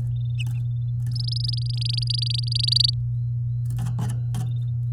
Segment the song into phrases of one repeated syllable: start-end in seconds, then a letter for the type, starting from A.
1.11-2.90 A